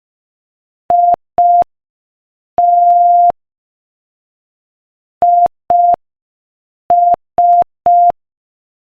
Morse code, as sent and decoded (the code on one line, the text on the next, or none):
.. - / .. ...
IT IS